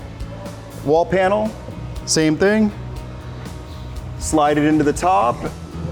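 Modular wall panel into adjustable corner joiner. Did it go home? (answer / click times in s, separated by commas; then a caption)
no / none. A modular wall panel is being slid into the top of an adjustable corner joiner while someone talks over steady background music. Nothing has seated or clicked yet by the end of the clip.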